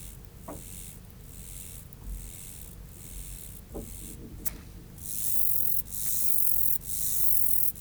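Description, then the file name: Mottled grasshopper giving rasping high buzzes at intervals of about a second, growing much louder toward the end, with a few sharp clicks and taps. "Myrmeleotettix maculatus"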